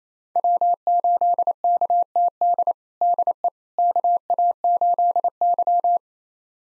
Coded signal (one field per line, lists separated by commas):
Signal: Morse code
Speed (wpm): 27 wpm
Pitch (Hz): 700 Hz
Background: none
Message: W8KTD DE KA8Y